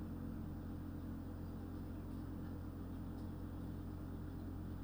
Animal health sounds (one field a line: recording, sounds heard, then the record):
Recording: poultry house recording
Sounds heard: healthy chickens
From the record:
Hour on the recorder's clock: 22